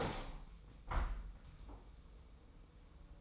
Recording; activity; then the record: daily activity, microphone in the room; open window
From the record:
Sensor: 1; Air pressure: 990.3 hPa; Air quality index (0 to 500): 171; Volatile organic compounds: 1000 ppm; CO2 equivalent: 6265 ppm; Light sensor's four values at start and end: 21/48/21/22 and 22/49/21/23